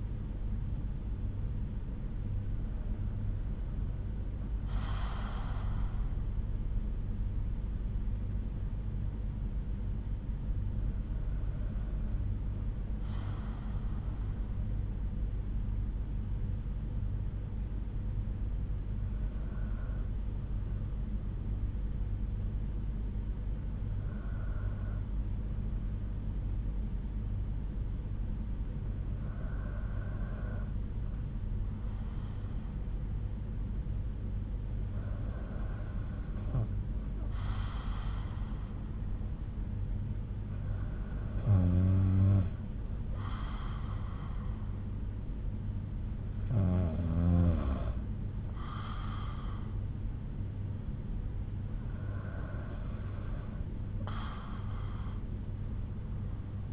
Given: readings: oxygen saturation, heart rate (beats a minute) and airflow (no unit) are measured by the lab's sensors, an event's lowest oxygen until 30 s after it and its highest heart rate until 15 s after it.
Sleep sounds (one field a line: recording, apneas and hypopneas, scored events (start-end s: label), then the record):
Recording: breathing in sleep by a smartphone at the bedside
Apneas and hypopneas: 1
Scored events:
11.00-46.70 s: hypopnea (N1, oxygen 96% highest, then 93% lowest)
18.00-56.73 s: new sleep stage, N2 (light sleep)
From the record:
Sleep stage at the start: N1 (lightest sleep)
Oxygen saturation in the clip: 93 to 96%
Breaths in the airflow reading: 9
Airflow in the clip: -4.9 to 4.6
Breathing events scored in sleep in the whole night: 368 in 8.0 hours asleep